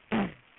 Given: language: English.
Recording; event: throat vibration sensor signal played as sound; throat clearing